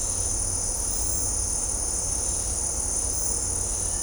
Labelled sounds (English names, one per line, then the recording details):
none
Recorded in dense forest near Puerto Asís, Putumayo, Colombia, on 18 December 2024 at 18:00
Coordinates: 0.503, -76.323
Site G043